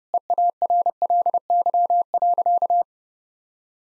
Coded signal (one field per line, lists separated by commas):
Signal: Morse code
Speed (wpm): 30 wpm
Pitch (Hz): 700 Hz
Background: none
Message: EARLY.